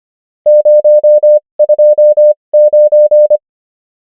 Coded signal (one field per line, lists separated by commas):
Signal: Morse code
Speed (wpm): 25 wpm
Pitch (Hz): 600 Hz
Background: none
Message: 029